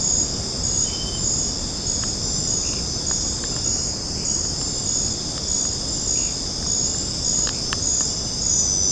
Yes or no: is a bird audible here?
no